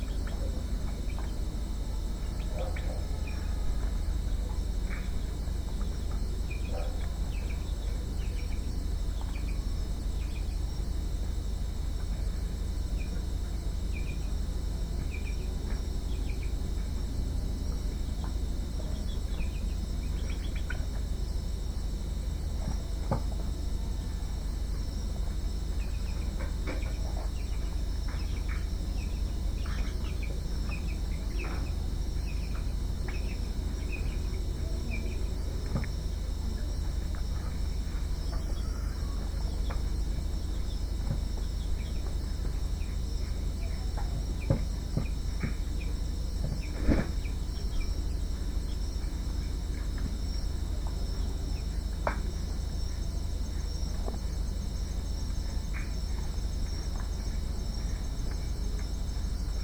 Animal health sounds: poultry house recording; healthy chickens

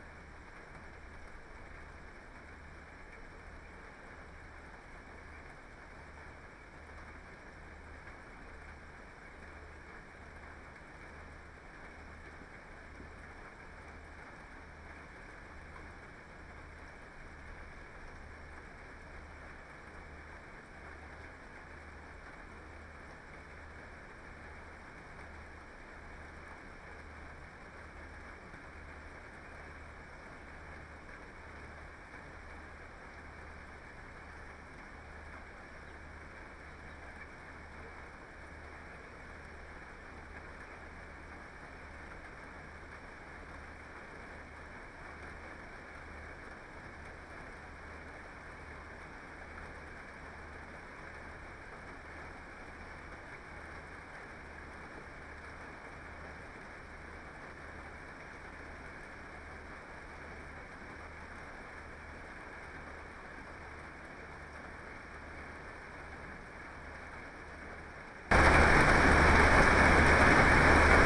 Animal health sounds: poultry house recording; healthy chickens

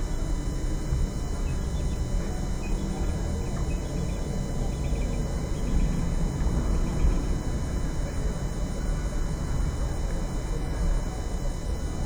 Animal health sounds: poultry house recording; healthy chickens

